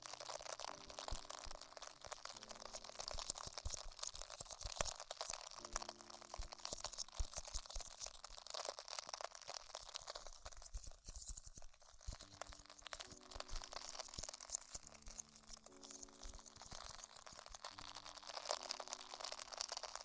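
Tingly ear exploration sounds: a dense, bright, constant crackle of crinkling and crunching that rarely lets up, briefly thinning around the eleven-second mark. Underneath, low sustained tones shift to new pitches every few seconds, like a slow chord pattern.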